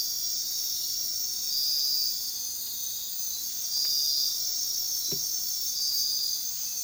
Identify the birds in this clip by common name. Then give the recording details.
none. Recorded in dense forest near Puerto Asís, Putumayo, Colombia, on 21 February 2024 at 05:00. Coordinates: 0.466, -76.327. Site G6413